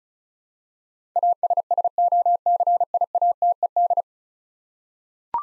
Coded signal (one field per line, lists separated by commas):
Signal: Morse code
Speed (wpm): 36 wpm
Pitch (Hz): 700 Hz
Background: none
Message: ASSOCIATED